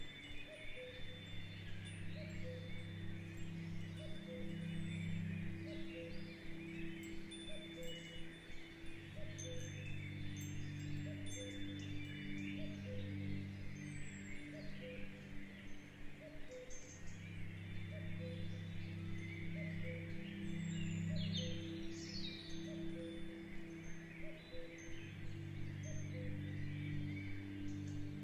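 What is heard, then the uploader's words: Chimes ring almost continuously, low mellow tones sustaining and overlapping, with fresh strikes every few seconds and a brief lull near 16 seconds. High bird chirps and short calls are scattered throughout, and a soft steady wind hiss sits underneath. Sounds of nature featuring birds, gentle wind, and later chimes.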